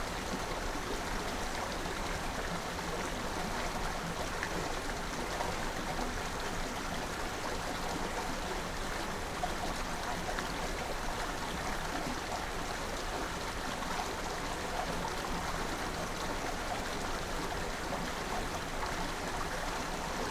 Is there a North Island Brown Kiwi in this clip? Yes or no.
no